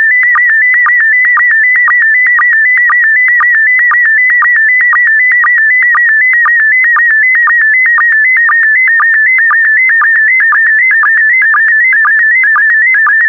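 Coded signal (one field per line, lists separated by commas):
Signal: SSTV (slow-scan television)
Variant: PD120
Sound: steady warbling tone shifting between pitches, clicking down briefly twice a second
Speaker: Get ready. Starting transmission in 5, 4, 3, 2, 1. Transmission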